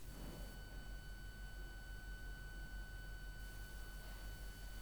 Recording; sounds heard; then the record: poultry house recording; no chicken sound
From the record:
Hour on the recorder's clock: 10